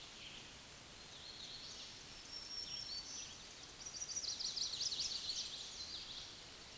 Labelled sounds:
Black-throated Green Warbler (Setophaga virens) song
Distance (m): 60 m
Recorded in a Pennsylvania forest on 20 May 2023 at 06:24
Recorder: AudioMoth, point grid1_33_low
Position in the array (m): 107 m, 153 m

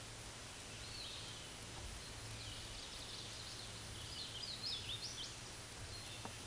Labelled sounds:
Hooded Warbler (Setophaga citrina) song
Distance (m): 65 m
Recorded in a Pennsylvania forest on 18 May 2023 at 12:59
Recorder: AudioMoth, point grid1_30_low
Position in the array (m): 154 m, 130 m

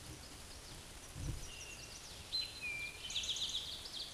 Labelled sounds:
Eastern Towhee (Pipilo erythrophthalmus) song
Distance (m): 35 m
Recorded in a Pennsylvania forest on 17 May 2023 at 13:14
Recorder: AudioMoth, point grid1_27_low
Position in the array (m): 119 m, 84 m

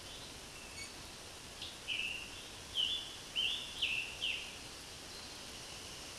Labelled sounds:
Scarlet Tanager (Piranga olivacea) song
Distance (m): 30 m
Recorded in a Pennsylvania forest on 18 May 2023 at 20:37
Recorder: AudioMoth, point grid1_27_low
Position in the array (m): 97 m, 41 m

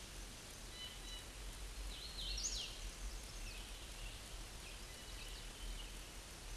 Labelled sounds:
Hooded Warbler (Setophaga citrina) song
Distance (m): 30 m
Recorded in a Pennsylvania forest on 18 May 2023 at 11:01
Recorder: AudioMoth, point grid1_13_low
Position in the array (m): 131 m, 104 m

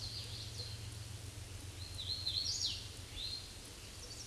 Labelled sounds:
Hooded Warbler (Setophaga citrina) song
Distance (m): 30 m
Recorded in a Pennsylvania forest on 18 May 2023 at 07:29
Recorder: AudioMoth, point grid1_7_low
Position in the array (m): 136 m, 90 m

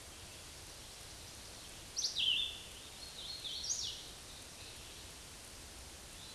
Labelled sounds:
Hooded Warbler (Setophaga citrina) song
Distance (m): 35 m
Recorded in a Pennsylvania forest on 18 May 2023 at 09:34
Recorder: AudioMoth, point grid1_6_low
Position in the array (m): 191 m, 81 m

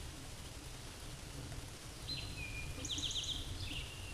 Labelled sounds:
Eastern Towhee (Pipilo erythrophthalmus) song
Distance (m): 35 m
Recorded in a Pennsylvania forest on 17 May 2023 at 13:15
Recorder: AudioMoth, point grid1_27_low
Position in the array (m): 120 m, 84 m

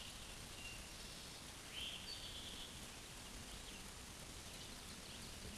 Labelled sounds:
Eastern Towhee (Pipilo erythrophthalmus) song
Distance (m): 65 m
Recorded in a Pennsylvania forest on 17 May 2023 at 13:57
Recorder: AudioMoth, point grid1_27_low
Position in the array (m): 136 m, 116 m

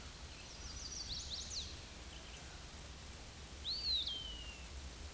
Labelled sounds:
Chestnut-sided Warbler (Setophaga pensylvanica) song
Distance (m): 45 m
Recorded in a Pennsylvania forest on 18 May 2023 at 06:20
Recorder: AudioMoth, point grid1_37_low
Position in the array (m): 120 m, 210 m

